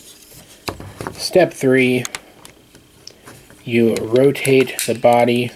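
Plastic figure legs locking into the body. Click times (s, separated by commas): 0.7 s, 1.1 s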